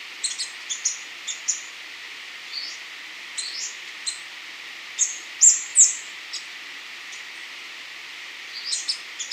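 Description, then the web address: Orange-crested flycatcher calls: short, very high, thin chirps given in loose irregular bursts, with a couple of louder doubled notes near the middle, over a steady high hiss. Recorded in Ecuador. "Birds of Ecuador. Orange-crested Flycatcher"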